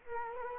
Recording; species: mosquito wingbeat signal from an infrared sensor; Culex quinquefasciatus